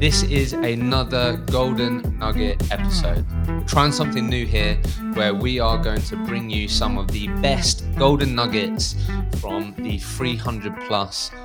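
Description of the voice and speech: An adult man speaks at a steady, lively pace with no blocks, repeats or strained voicing. His speech is normal and fluent throughout. A music bed plays quietly underneath.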